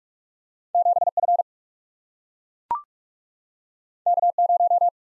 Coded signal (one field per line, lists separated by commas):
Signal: Morse code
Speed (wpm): 44 wpm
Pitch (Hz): 700 Hz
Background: none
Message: 7 F K 0